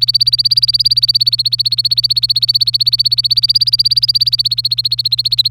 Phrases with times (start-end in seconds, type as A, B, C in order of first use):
0.00-5.48 A